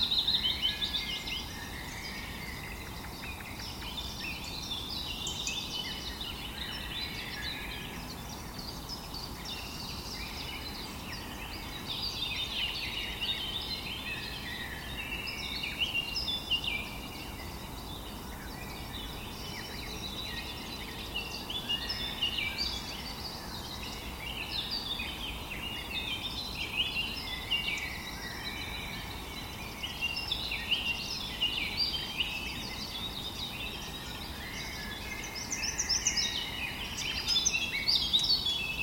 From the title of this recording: The sound of Birds Chirping in the Forest